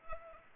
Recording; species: mosquito wingbeat signal from an infrared sensor; Aedes aegypti